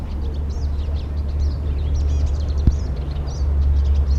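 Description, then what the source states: Pied siskin song, rapid high chattering twitters and buzzy trills running without pause over a constant low rumble, with one sharp click. Sung in flight and from a perch; bird flew across the recording area, then sang from a small tree next to a road.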